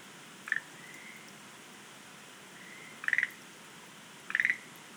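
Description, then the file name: Schlegel's green tree frog giving three brief, rapid clicking bursts at irregular intervals, with faint drawn-out tones between them and light background hiss. "rodolphe alexis - rhacophorus schlegelii"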